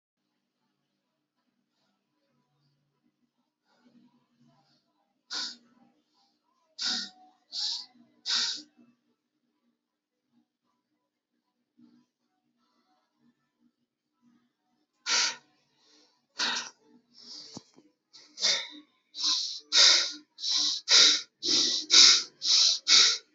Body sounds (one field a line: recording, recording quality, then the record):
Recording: shallow breathing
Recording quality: excellent, no background noise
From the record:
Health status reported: healthy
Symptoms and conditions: muscle pain, diabetes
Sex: male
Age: 36 years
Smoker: not ticked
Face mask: not worn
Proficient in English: yes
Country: India